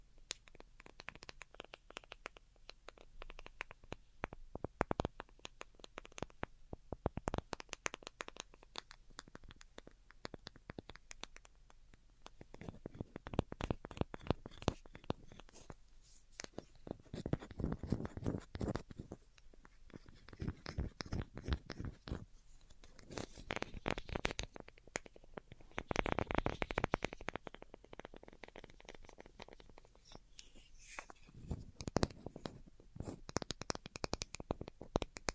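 Delicate tapping goes on for the whole stretch: crisp little taps in quick uneven clusters, with a few louder sweeps or rubs around 16–19 and 25–27 seconds. There is a faint low hum underneath.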